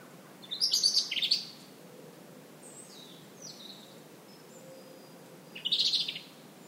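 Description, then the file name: European robin singing two dense, sparkling high phrases about five seconds apart, with faint thin whistles drifting in between over a quiet hiss. "Erithacus rubecula"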